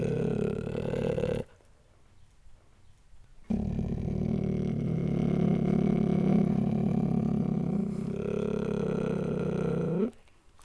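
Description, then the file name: Cheetah purring in a steady low rumble, broken by a two-second pause, then a long unbroken stretch that ends abruptly. "Acinonyx jubatus"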